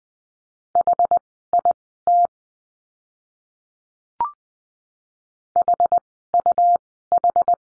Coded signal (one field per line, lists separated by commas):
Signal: Morse code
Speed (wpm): 20 wpm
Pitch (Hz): 700 Hz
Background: none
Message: HIT HUH